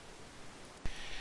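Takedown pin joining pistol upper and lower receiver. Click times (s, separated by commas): 0.9 s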